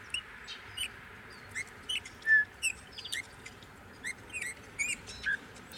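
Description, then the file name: Eurasian bullfinch giving mellow piping whistles, one longer flat note in the middle. "Pyrrhula pyrrhula"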